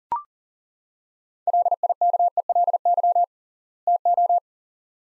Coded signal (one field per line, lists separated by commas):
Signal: Morse code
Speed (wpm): 40 wpm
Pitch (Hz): 700 Hz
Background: none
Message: LIKELY TO